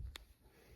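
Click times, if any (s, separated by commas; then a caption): 0.2 s. On a 2015 Ford Focus, the old passenger-side power window switch is pried out of its plastic trim mounting in the door panel. A sharp pop at 0.2 s marks the switch releasing from the trim, over low rumble and faint background noise.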